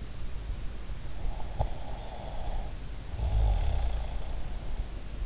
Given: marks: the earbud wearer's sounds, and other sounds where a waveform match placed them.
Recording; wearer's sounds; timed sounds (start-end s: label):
sounds in sleep by an in-ear microphone; snoring breath
1.06-4.70 s: snoring breath